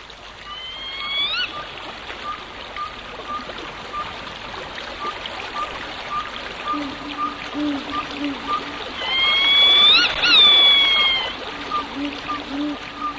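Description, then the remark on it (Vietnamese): Steady trickling, babbling stream water runs throughout, joined by a few bright rising whistle-like calls near the start and again later, plus a faint low hum in the second half. “Vẫn yên lặng như tờ, chỉ có tiếng nước róc rách, đôi lúc tiếng róc rách như liệm đi rồi tắt hẳn, nhưng một lát sau lại thấy vẳng lên như để rì rào mãi mãi không thôi.”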